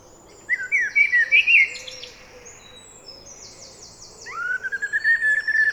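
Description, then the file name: Common blackbird's warbled fluty phrase, then a long, even whistled run, with high buzzy chirps mixed in. "Turdus merula"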